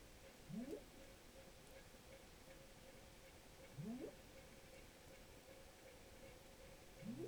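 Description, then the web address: Rorqual calls: quick rising whoops, three of them roughly three seconds apart, over a constant tonal hum and hiss. Recorded in Norway on 5 January 2023 at 01:22. "college France rorqual Norvege"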